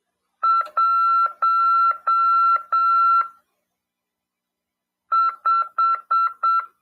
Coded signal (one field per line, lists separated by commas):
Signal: Morse code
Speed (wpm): 7 wpm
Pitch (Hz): 1350 Hz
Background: none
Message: 15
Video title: RADIOAMADOR 2ªEd. 5/12/2022 "AULA 40: CW, LEGIS e C.RODADA" FM 146.410 Mhz. PY2EXU PAULO CRASP/RAF.